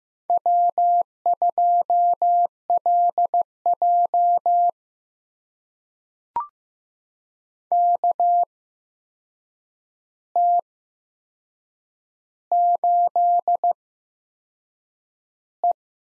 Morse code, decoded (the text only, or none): W2LJ KT8E